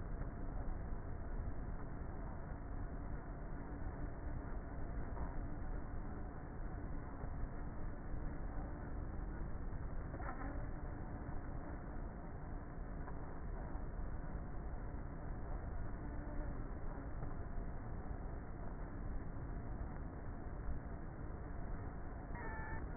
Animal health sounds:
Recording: honeybee colony, microphone inside the hive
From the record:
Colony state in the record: queenless with a low population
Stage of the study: before two queens were removed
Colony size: about 30,000 bees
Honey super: no

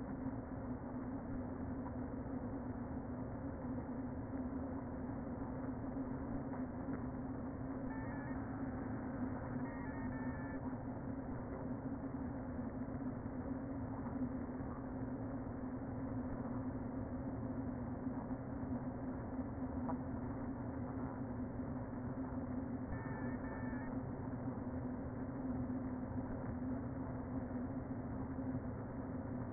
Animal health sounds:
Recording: honeybee colony, microphone inside the hive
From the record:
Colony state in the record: queen present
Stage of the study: before two queens were removed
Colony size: about 60,000 bees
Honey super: yes

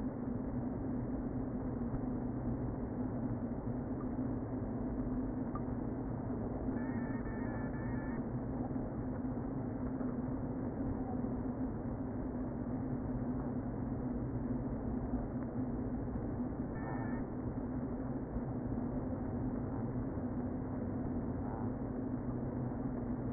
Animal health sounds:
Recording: honeybee colony, microphone inside the hive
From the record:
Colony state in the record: queen present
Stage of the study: before two queens were removed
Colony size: about 60,000 bees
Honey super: yes

